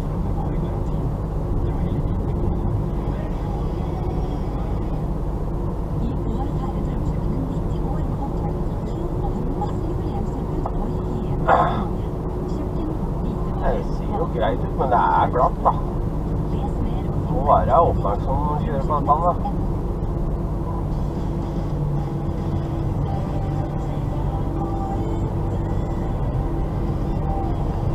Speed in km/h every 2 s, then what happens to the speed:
41, 40, 40, 40, 42, 43, 42, 41, 41, 41, 39, 38, 39, 38.
0-28 steady at about 40.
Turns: none.